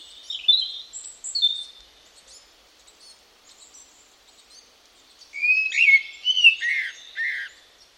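Bird calls: high, thin whistles at the start, a quiet middle, then a loud, jumbled run of slurred chirps near the end.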